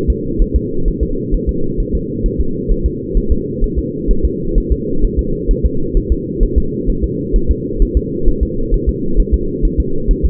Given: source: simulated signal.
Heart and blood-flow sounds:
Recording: fetal heart sounds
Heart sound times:
0.10 s: S2
0.42 s: S1
0.56 s: S2
0.88 s: S1
1.03 s: S2
1.34 s: S1
1.49 s: S2
1.80 s: S1
1.95 s: S2
2.26 s: S1
2.41 s: S2
2.72 s: S1
2.86 s: S2
3.18 s: S1
3.32 s: S2
3.64 s: S1
3.79 s: S2
4.11 s: S1
4.25 s: S2
4.58 s: S1
4.72 s: S2
5.05 s: S1
5.19 s: S2
5.51 s: S1
5.66 s: S2
5.97 s: S1
6.12 s: S2
6.43 s: S1
6.58 s: S2
6.90 s: S1
7.04 s: S2
7.36 s: S1
7.51 s: S2
7.82 s: S1
7.97 s: S2
8.28 s: S1
8.43 s: S2
8.74 s: S1
8.89 s: S2
9.20 s: S1
9.34 s: S2
9.65 s: S1
9.80 s: S2
10.11 s: S1
10.26 s: S2
From the record:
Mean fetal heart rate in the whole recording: 130 bpm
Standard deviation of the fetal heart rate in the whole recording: 2 bpm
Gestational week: 38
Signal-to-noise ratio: -8.1 dB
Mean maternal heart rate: 72 bpm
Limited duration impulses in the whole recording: absent

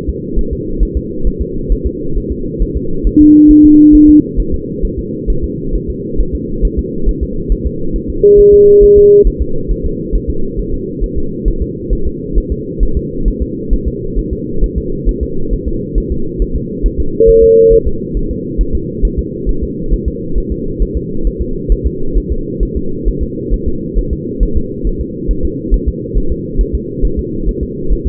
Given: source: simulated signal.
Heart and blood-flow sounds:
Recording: fetal heart sounds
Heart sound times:
0.09 s: S2
0.39 s: S1
0.53 s: S2
0.83 s: S1
0.97 s: S2
1.27 s: S1
1.41 s: S2
1.72 s: S1
1.87 s: S2
2.17 s: S1
2.32 s: S2
2.62 s: S1
2.77 s: S2
3.07 s: S1
3.21 s: S2
3.51 s: S1
3.65 s: S2
3.95 s: S1
4.09 s: S2
4.40 s: S1
4.54 s: S2
4.85 s: S1
4.99 s: S2
5.30 s: S1
5.44 s: S2
5.75 s: S1
5.90 s: S2
6.20 s: S1
6.35 s: S2
6.65 s: S1
6.79 s: S2
7.09 s: S1
7.23 s: S2
7.52 s: S1
7.66 s: S2
7.96 s: S1
8.10 s: S2
8.40 s: S1
8.54 s: S2
8.83 s: S1
8.98 s: S2
9.27 s: S1
9.42 s: S2
9.71 s: S1
9.86 s: S2
10.15 s: S1
10.30 s: S2
10.59 s: S1
10.74 s: S2
11.04 s: S1
11.18 s: S2
11.48 s: S1
11.62 s: S2
11.93 s: S1
12.07 s: S2
12.38 s: S1
12.52 s: S2
12.83 s: S1
12.97 s: S2
13.28 s: S1
13.42 s: S2
13.73 s: S1
13.88 s: S2
14.19 s: S1
14.33 s: S2
14.64 s: S1
14.78 s: S2
15.09 s: S1
15.23 s: S2
15.53 s: S1
15.68 s: S2
15.98 s: S1
16.12 s: S2
16.42 s: S1
16.56 s: S2
16.86 s: S1
17.00 s: S2
17.30 s: S1
17.44 s: S2
17.73 s: S1
17.88 s: S2
18.17 s: S1
18.31 s: S2
18.61 s: S1
18.75 s: S2
19.05 s: S1
19.19 s: S2
19.49 s: S1
19.63 s: S2
19.94 s: S1
20.08 s: S2
20.38 s: S1
20.52 s: S2
20.82 s: S1
20.97 s: S2
21.27 s: S1
21.41 s: S2
21.72 s: S1
21.87 s: S2
22.18 s: S1
22.32 s: S2
22.63 s: S1
22.77 s: S2
23.08 s: S1
23.23 s: S2
23.54 s: S1
23.68 s: S2
23.99 s: S1
24.13 s: S2
24.43 s: S1
24.57 s: S2
24.87 s: S1
25.01 s: S2
25.31 s: S1
25.45 s: S2
25.74 s: S1
25.88 s: S2
26.17 s: S1
26.32 s: S2
26.61 s: S1
26.75 s: S2
27.05 s: S1
27.19 s: S2
27.49 s: S1
27.63 s: S2
27.93 s: S1
28.07 s: S2
From the record:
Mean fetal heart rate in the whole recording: 135 bpm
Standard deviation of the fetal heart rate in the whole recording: 3 bpm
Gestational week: 36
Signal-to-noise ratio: -8.1 dB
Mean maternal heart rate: 72 bpm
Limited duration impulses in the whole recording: present

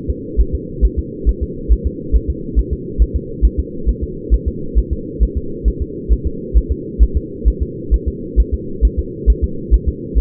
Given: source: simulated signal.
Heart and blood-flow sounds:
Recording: fetal heart sounds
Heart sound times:
0.10 s: S2
0.40 s: S1
0.55 s: S2
0.85 s: S1
0.99 s: S2
1.29 s: S1
1.43 s: S2
1.72 s: S1
1.87 s: S2
2.16 s: S1
2.30 s: S2
2.59 s: S1
2.73 s: S2
3.02 s: S1
3.16 s: S2
3.45 s: S1
3.59 s: S2
3.89 s: S1
4.03 s: S2
4.34 s: S1
4.48 s: S2
4.78 s: S1
4.93 s: S2
5.23 s: S1
5.37 s: S2
5.68 s: S1
5.82 s: S2
6.12 s: S1
6.27 s: S2
6.57 s: S1
6.72 s: S2
7.03 s: S1
7.17 s: S2
7.48 s: S1
7.62 s: S2
7.94 s: S1
8.08 s: S2
8.40 s: S1
8.54 s: S2
8.85 s: S1
8.99 s: S2
9.30 s: S1
9.44 s: S2
9.74 s: S1
9.88 s: S2
10.18 s: S1
From the record:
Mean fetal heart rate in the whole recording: 135 bpm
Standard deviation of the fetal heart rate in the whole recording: 3 bpm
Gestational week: 34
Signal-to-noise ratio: -4.3 dB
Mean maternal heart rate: 72 bpm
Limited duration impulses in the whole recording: absent

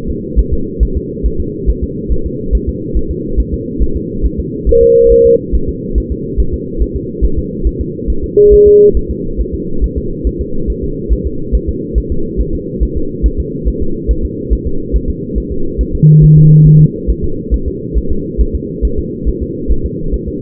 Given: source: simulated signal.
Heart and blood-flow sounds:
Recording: fetal heart sounds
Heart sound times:
0.10 s: S2
0.39 s: S1
0.53 s: S2
0.83 s: S1
0.97 s: S2
1.26 s: S1
1.40 s: S2
1.70 s: S1
1.84 s: S2
2.12 s: S1
2.26 s: S2
2.55 s: S1
2.69 s: S2
2.97 s: S1
3.11 s: S2
3.40 s: S1
3.54 s: S2
3.82 s: S1
3.96 s: S2
4.26 s: S1
4.40 s: S2
4.69 s: S1
4.83 s: S2
5.12 s: S1
5.26 s: S2
5.55 s: S1
5.69 s: S2
5.98 s: S1
6.12 s: S2
6.40 s: S1
6.54 s: S2
6.82 s: S1
6.96 s: S2
7.25 s: S1
7.39 s: S2
7.67 s: S1
7.81 s: S2
8.10 s: S1
8.24 s: S2
8.54 s: S1
8.68 s: S2
8.97 s: S1
9.11 s: S2
9.41 s: S1
9.55 s: S2
9.84 s: S1
9.98 s: S2
10.27 s: S1
10.41 s: S2
10.70 s: S1
10.84 s: S2
11.13 s: S1
11.27 s: S2
11.55 s: S1
11.69 s: S2
11.98 s: S1
12.12 s: S2
12.41 s: S1
12.55 s: S2
12.83 s: S1
12.97 s: S2
13.26 s: S1
13.40 s: S2
13.68 s: S1
13.82 s: S2
14.11 s: S1
14.25 s: S2
14.53 s: S1
14.67 s: S2
14.96 s: S1
15.10 s: S2
15.38 s: S1
15.52 s: S2
15.81 s: S1
15.95 s: S2
16.24 s: S1
16.38 s: S2
16.67 s: S1
16.81 s: S2
17.10 s: S1
17.24 s: S2
17.54 s: S1
17.68 s: S2
17.98 s: S1
18.12 s: S2
18.41 s: S1
18.55 s: S2
18.85 s: S1
18.99 s: S2
19.29 s: S1
19.43 s: S2
19.72 s: S1
19.86 s: S2
20.14 s: S1
20.28 s: S2
From the record:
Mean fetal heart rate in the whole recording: 140 bpm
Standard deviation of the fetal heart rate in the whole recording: 2 bpm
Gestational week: 34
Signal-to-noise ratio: -8.1 dB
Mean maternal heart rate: 72 bpm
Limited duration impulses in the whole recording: present

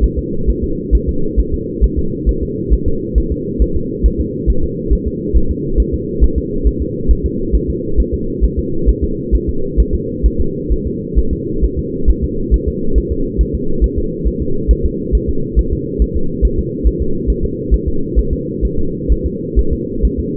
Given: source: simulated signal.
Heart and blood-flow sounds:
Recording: fetal heart sounds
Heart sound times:
0.04 s: S1
0.19 s: S2
0.50 s: S1
0.64 s: S2
0.95 s: S1
1.09 s: S2
1.40 s: S1
1.54 s: S2
1.84 s: S1
1.99 s: S2
2.29 s: S1
2.43 s: S2
2.74 s: S1
2.88 s: S2
3.18 s: S1
3.32 s: S2
3.62 s: S1
3.77 s: S2
4.06 s: S1
4.20 s: S2
4.50 s: S1
4.64 s: S2
4.93 s: S1
5.08 s: S2
5.37 s: S1
5.51 s: S2
5.80 s: S1
5.94 s: S2
6.24 s: S1
6.38 s: S2
6.67 s: S1
6.82 s: S2
7.11 s: S1
7.26 s: S2
7.55 s: S1
7.70 s: S2
8.00 s: S1
8.14 s: S2
8.44 s: S1
8.59 s: S2
8.89 s: S1
9.04 s: S2
9.35 s: S1
9.49 s: S2
9.80 s: S1
9.95 s: S2
10.26 s: S1
10.41 s: S2
10.72 s: S1
10.87 s: S2
11.19 s: S1
11.33 s: S2
11.64 s: S1
11.79 s: S2
12.10 s: S1
12.24 s: S2
12.54 s: S1
12.68 s: S2
12.98 s: S1
13.12 s: S2
13.41 s: S1
13.55 s: S2
13.84 s: S1
13.98 s: S2
14.27 s: S1
14.42 s: S2
14.71 s: S1
14.86 s: S2
15.15 s: S1
15.30 s: S2
15.59 s: S1
15.73 s: S2
16.02 s: S1
16.17 s: S2
16.45 s: S1
16.59 s: S2
16.87 s: S1
17.02 s: S2
17.30 s: S1
17.44 s: S2
17.74 s: S1
17.88 s: S2
18.19 s: S1
18.33 s: S2
18.65 s: S1
18.79 s: S2
19.12 s: S1
19.26 s: S2
19.59 s: S1
19.73 s: S2
20.05 s: S1
20.20 s: S2
From the record:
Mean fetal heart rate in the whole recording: 135 bpm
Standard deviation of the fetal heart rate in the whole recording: 3 bpm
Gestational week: 34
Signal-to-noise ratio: -8.1 dB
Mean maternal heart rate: 72 bpm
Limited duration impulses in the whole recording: absent

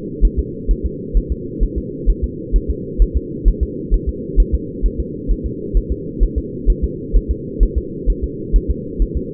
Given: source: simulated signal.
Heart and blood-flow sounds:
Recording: fetal heart sounds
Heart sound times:
0.25 s: S1
0.39 s: S2
0.71 s: S1
0.86 s: S2
1.17 s: S1
1.32 s: S2
1.63 s: S1
1.78 s: S2
2.10 s: S1
2.24 s: S2
2.56 s: S1
2.70 s: S2
3.02 s: S1
3.17 s: S2
3.48 s: S1
3.63 s: S2
3.94 s: S1
4.09 s: S2
4.40 s: S1
4.55 s: S2
4.86 s: S1
5.00 s: S2
5.31 s: S1
5.46 s: S2
5.77 s: S1
5.92 s: S2
6.23 s: S1
6.38 s: S2
6.70 s: S1
6.84 s: S2
7.16 s: S1
7.31 s: S2
7.63 s: S1
7.78 s: S2
8.10 s: S1
8.24 s: S2
8.56 s: S1
8.71 s: S2
9.02 s: S1
9.17 s: S2
From the record:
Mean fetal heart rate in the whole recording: 130 bpm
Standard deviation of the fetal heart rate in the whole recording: 2 bpm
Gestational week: 36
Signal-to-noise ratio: -4.1 dB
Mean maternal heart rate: no maternal heart sound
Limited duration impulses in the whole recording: absent

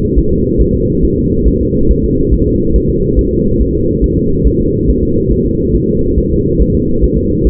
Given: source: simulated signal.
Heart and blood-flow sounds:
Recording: fetal heart sounds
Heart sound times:
0.19 s: S1
0.33 s: S2
0.62 s: S1
0.75 s: S2
1.05 s: S1
1.18 s: S2
1.48 s: S1
1.62 s: S2
1.91 s: S1
2.05 s: S2
2.34 s: S1
2.47 s: S2
2.76 s: S1
2.90 s: S2
3.19 s: S1
3.33 s: S2
3.61 s: S1
3.75 s: S2
4.04 s: S1
4.18 s: S2
4.47 s: S1
4.61 s: S2
4.89 s: S1
5.03 s: S2
5.32 s: S1
5.46 s: S2
5.75 s: S1
5.89 s: S2
6.19 s: S1
6.32 s: S2
6.61 s: S1
6.75 s: S2
7.04 s: S1
7.18 s: S2
7.47 s: S1
From the record:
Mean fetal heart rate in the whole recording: 140 bpm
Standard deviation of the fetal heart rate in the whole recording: 2 bpm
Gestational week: 34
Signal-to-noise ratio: -15.3 dB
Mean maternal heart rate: 72 bpm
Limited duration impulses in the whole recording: present

